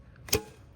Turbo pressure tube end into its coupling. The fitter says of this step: Make sure the two clicks go in here,